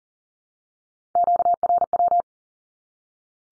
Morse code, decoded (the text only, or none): QRW